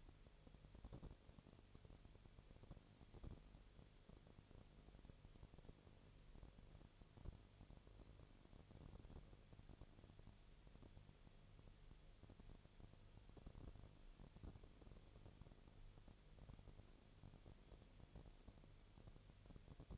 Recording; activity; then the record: daily activity, microphone in the room; no activity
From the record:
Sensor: 4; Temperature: 22.4 degrees Celsius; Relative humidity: 31.1%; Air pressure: 1004.1 hPa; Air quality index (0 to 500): 85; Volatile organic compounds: 1 ppm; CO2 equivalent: 770 ppm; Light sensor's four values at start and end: 2/3/1/1 and 2/3/1/1